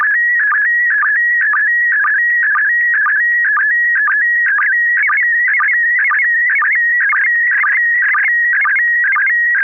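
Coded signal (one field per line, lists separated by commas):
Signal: SSTV (slow-scan television)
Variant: PD 120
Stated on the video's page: SSTV net on a 441.300 MHz FM repeater, 9 pm Wednesdays Pacific Time, using MMSSTV software.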